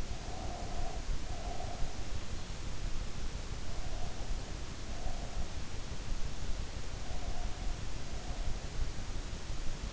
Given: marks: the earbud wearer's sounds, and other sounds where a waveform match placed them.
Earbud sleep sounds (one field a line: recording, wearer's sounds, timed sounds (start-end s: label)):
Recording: sounds in sleep by an in-ear microphone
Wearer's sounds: breath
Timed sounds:
0.00-2.01 s: breath